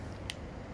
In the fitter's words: make sure it clicks in and